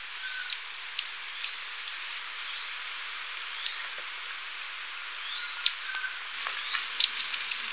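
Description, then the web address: Beryl-spangled Tanager calls: thin, very high, sharp ticks given at irregular intervals, ending in a quick run of five clipped notes. Recorded in Ecuador. "Birds of Ecuador. Beryl-spangled Tanager"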